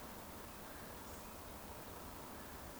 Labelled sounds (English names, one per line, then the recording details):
Eurasian Woodcock
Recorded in Baden-Württemberg, Germany, on 16 June 2020 at 20:24 UTC
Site 14569, 102 m above sea level